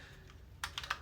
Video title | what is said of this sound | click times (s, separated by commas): Power outlets in other countries! | and it's got little clicks, little locks though on the back, so when you bring these forward, it doesn't | 0.6 s, 0.8 s, 0.9 s